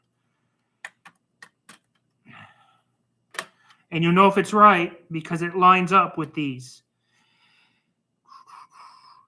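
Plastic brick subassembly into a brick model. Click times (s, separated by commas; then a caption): 0.9 s. A plastic building-brick subassembly is pressed onto a brick model and snaps into place with a sharp click at 0.8 s, followed by a few smaller clicks and taps. Someone then talks, and the subassembly is seated, lining up with the neighbouring parts.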